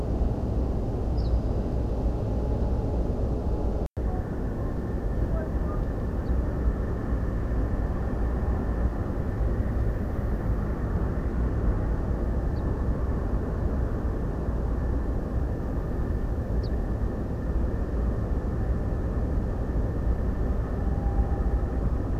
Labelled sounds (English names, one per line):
Ortolan Bunting